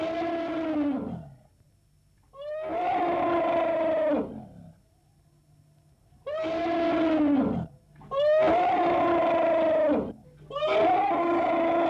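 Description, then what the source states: Elephant trumpets in five harsh, brassy bursts, some longer than others, separated by brief gaps. Elephant trumpeting, close.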